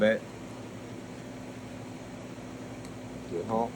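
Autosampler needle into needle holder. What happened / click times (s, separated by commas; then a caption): Part lined up, not yet seated, no click / none. On a 1313 and 1329 autosampler, the needle is moved a little to line it up with the hole in the needle holder before being pushed home. Someone talks briefly at the start and again near the end over a steady low hum. The needle is only lined up with the holder hole, and nothing has seated or clicked yet.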